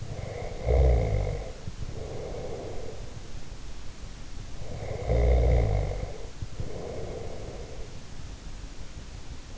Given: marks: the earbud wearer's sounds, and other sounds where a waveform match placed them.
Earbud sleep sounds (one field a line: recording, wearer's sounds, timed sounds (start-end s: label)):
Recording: sounds in sleep by an in-ear microphone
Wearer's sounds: snoring breath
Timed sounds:
0.00-3.18 s: snoring breath
4.56-7.86 s: snoring breath